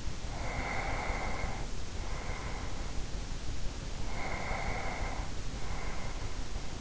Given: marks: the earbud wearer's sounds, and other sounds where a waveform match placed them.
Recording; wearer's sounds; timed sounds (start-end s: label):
sounds in sleep by an in-ear microphone; breath
0.28-3.14 s: breath
3.99-6.81 s: breath